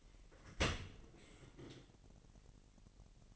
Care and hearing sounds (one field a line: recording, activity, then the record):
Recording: daily activity, microphone in the room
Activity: open dishwasher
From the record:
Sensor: 4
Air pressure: 1001.5 hPa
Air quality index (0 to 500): 248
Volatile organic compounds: 42 ppm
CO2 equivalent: 3174 ppm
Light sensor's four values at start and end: 8/18/7/6 and 8/19/7/7